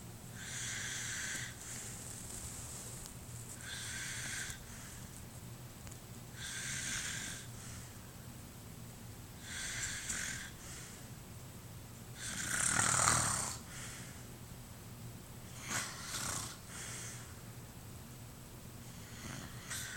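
Rhythmic hissing, rasping breath noises about every three seconds, roughly 18 to 20 per minute, the snoring of an adult sleeper.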